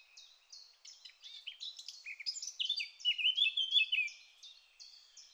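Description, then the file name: Eurasian blackcap song: soft chattering notes repeated quickly, swelling into a loud, pure fluty whistled phrase, then dropping back to quiet twitters. "Sylvia atricapilla"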